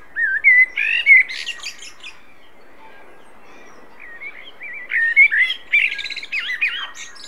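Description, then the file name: Common blackbird singing two phrases separated by a pause of a few seconds, each made of mellow whistled notes ending in squeaky, high twitters. "Turdus merula"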